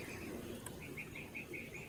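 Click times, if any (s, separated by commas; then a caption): none. A hanging test weight, moved closer in, loads a click-type Craftsman torque wrench set up in a vise at a known 12-inch distance for an inch-pound calibration check. The wrench does not break over, and nothing has clicked; this is the expected result for the check. A short sharp tick at 0.7 s stands out over steady, repeated high chirping in the background.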